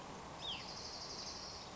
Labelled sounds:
Hutton's Vireo (Vireo huttoni)
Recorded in Sonoma County, California

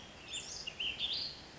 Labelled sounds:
Ash-throated Flycatcher (Myiarchus cinerascens)
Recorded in Sonoma County, California

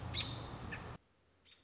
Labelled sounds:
American Robin (Turdus migratorius)
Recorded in Sonoma County, California

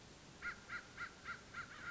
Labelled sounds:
American Crow (Corvus brachyrhynchos)
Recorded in Sonoma County, California

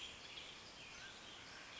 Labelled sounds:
Mountain Quail (Oreortyx pictus)
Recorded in Sonoma County, California

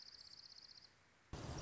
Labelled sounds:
Dark-eyed Junco (Junco hyemalis)
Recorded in Sonoma County, California

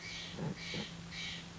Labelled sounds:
Steller's Jay (Cyanocitta stelleri)
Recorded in Sonoma County, California

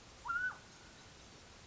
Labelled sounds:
Mountain Quail (Oreortyx pictus)
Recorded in Sonoma County, California

